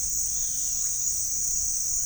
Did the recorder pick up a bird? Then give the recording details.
no. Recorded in pastures near Puerto Asís, Putumayo, Colombia, on 25 June 2025 at 16:30. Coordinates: 0.466, -76.322. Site GP07